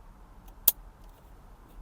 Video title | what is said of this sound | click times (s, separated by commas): How to: Steering Wheel Clockspring replace 2002 Lexus RX300 ( aka Airbag Clock Spring) | Slide it in and it should lock in position. | 0.7 s